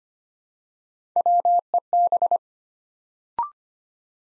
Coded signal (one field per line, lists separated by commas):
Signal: Morse code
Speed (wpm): 25 wpm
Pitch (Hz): 700 Hz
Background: none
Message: WEB